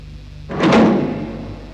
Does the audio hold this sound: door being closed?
yes